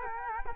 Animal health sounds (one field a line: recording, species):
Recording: mosquito wingbeat signal from an infrared sensor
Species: Culex quinquefasciatus